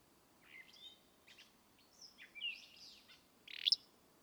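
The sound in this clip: Willow flycatcher: a short, rough buzzy phrase near the end, preceded by thin whistles and chirps over a steady hiss.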